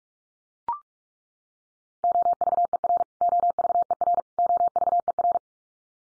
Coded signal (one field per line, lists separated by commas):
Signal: Morse code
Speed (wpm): 44 wpm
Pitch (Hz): 700 Hz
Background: none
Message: OVER OVER OVER